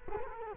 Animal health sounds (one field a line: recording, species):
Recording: mosquito wingbeat signal from an infrared sensor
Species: Culex quinquefasciatus